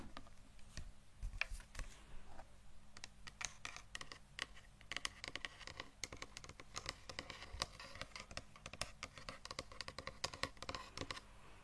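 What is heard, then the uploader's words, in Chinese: Brain tapping: quick, crisp taps and light scratchy clicks patter irregularly throughout, sometimes in clustered bursts, with little pause between them. A low, steady hum runs underneath the whole time. 敲击大脑/指尖刺痛（声控助眠）。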